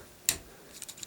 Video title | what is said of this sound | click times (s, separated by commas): Microblaze Creations MILITARY TITANS: PART 2 (FOC Bruticus): EmGo's Transformers Reviews N' Stuff | that will snap into place | 0.3 s